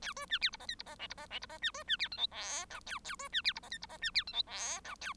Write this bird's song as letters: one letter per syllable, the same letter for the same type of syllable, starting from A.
A B C D E F G E F H E F H E F C B C D I J K L A A B C D E F G E F C D I J K L A